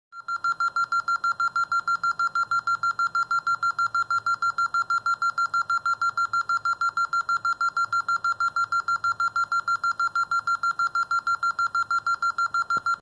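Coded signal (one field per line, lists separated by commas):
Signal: alarm pattern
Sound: fast steady high-pitched beeping, about seven short beeps per second, nonstop for 13 seconds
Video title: Alarm 38 beeping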